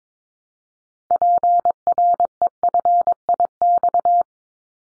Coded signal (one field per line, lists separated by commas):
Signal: Morse code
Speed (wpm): 22 wpm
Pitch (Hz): 700 Hz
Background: none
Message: PREFIX